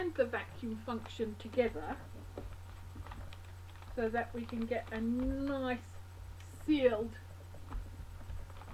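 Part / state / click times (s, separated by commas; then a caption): vacuum sealer lid into its latches / not seated / none. Someone talks while handling a vacuum sealer, with the lid being pressed down over the bag edge toward its latches and a steady low hum underneath. Only faint, short handling ticks are heard between the words. Nothing has seated or clicked yet when the clip ends.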